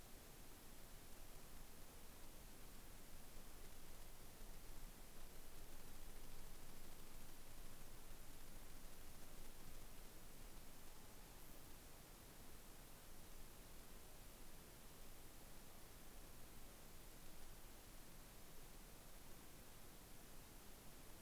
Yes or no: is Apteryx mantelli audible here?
no